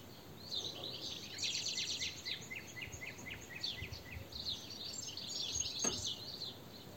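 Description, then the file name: European goldfinch twittering: a fast run of sharp, repeated chirps several per second, with a brief click near the end. "Carduelis carduelis"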